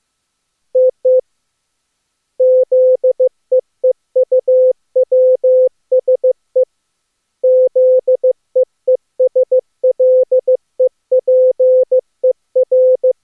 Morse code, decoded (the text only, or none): TT ZEEUWSE ZEESLEPER